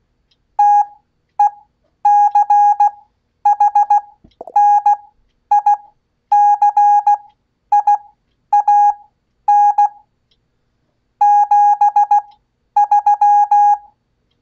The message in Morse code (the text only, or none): TECHNICIAN 73